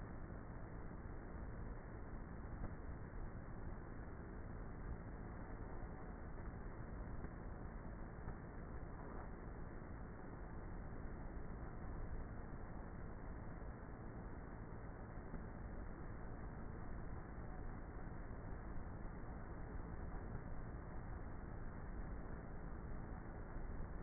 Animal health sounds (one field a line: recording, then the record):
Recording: honeybee colony, microphone inside the hive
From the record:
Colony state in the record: queenless with a low population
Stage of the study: before two queens were removed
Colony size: about 30,000 bees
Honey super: no